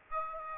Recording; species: mosquito wingbeat signal from an infrared sensor; Aedes aegypti